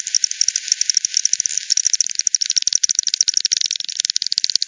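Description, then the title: Fast, loud bat clicks in dense irregular bursts, a continuous chattering tick pattern over the short stretch. Multiple bats at Hogsmill River, Hogsmill Lane, 7 October 2020, 18:10; frequency-divided by ten, bandpass filtered and resampled. "WW bat 20201007 T 18 : 10 Z-Hogsmill-Lane-Hogsmill-River-multiple-bats"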